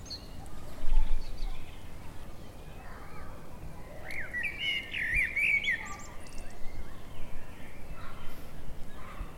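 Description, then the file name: Common blackbird giving a brief warbling phrase midway through, against strong low rumbling background noise. "Turdus merula"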